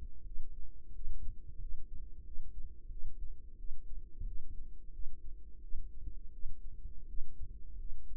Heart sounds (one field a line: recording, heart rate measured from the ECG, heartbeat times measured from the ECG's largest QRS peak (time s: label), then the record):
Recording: heart sounds by microphone in the right ear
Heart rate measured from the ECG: 88 bpm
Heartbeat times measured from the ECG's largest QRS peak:
0.24 s: heartbeat
0.93 s: heartbeat
1.59 s: heartbeat
2.24 s: heartbeat
2.90 s: heartbeat
3.57 s: heartbeat
4.26 s: heartbeat
4.92 s: heartbeat
5.61 s: heartbeat
6.32 s: heartbeat
7.07 s: heartbeat
7.77 s: heartbeat
From the record:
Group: healthy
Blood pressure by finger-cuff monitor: 105/61 mmHg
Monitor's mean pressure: 74 mmHg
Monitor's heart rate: 88 bpm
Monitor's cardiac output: 7.6 L/min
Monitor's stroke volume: 85 mL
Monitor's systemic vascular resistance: 690 dyn s/cm5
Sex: female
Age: 22 years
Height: 157 cm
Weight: 47.6 kg